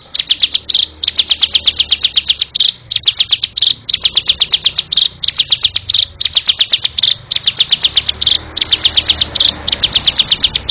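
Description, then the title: Bar-winged prinia song: rapid, high, sharp notes repeated in fast bursts, with brief pauses between phrases. "Suara Burung Ciblek"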